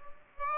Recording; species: mosquito wingbeat signal from an infrared sensor; Aedes aegypti